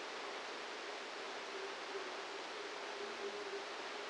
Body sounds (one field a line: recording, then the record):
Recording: brain microelectrode recording played as sound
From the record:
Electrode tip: outside the subthalamic nucleus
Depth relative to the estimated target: -1 mm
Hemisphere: left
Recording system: NeuroSet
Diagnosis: Parkinson's disease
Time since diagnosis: 8 years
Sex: male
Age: 58 years